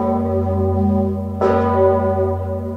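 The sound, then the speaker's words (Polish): The great Zygmunt bell of Wawel Cathedral in Kraków tolls in farewell to Pope Francis with a deep, sustained, humming resonance, and a fresh loud strike rings out midway, its bright clang blooming over the lingering low drone. No one speaks. “I tak go żegnamy my, dzwonnicy wawelscy.”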